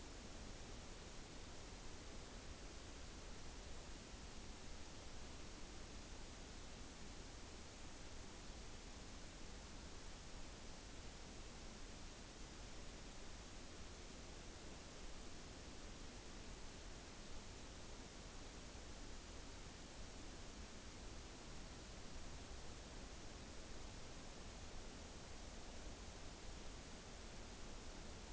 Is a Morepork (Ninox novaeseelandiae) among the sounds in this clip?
no